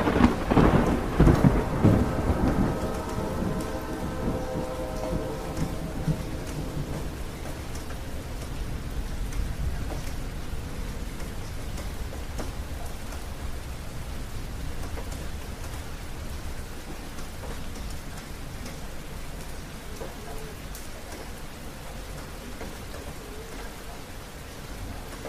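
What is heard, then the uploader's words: A loud thunderclap opens a mountain thunderstorm, its deep rumble rolling and fading over the first seven seconds. Steady rain then patters on the roof, dense and even, with scattered sharper drops ticking through it as the storm settles into a low, continuous wash. Imagine the sounds of rain beginning to fall on the roof of your mountain getaway.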